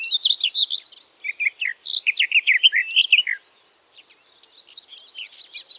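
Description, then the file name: Garden warbler song: a hurried, flowing warble of mixed mellow and scratchy notes, softening into a quieter passage near the end. "tuinfluiter zang"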